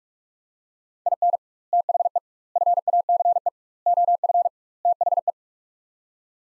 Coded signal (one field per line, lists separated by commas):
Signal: Morse code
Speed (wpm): 44 wpm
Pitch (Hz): 700 Hz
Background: none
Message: IN THE FACE OF THE